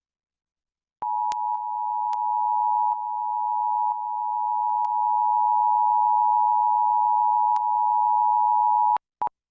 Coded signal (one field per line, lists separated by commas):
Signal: Emergency Alert System (SAME) tones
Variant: 853 and 960 Hz attention tone